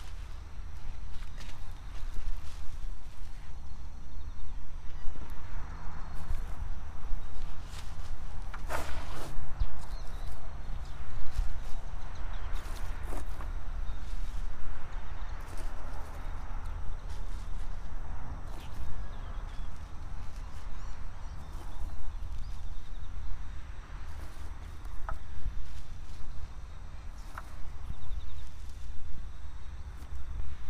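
Garlic is planted on an autumn evening: scattered scraping and soft thuds of digging and covering with soil come every few seconds, with clusters around 9 and 13 seconds. A low steady rumble of traffic runs underneath, and a faint insect hum persists throughout.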